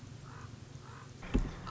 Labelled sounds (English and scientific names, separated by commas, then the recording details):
Common Raven (Corvus corax)
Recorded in Sonoma County, California